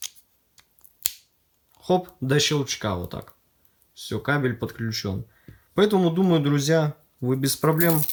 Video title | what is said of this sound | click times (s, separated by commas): HarmonicDyne Zeus Elite обзор полноразмерных наушников 🎧 - Точность и детальность! | left channels for connecting to headphones like this, until it clicks. | 1.1 s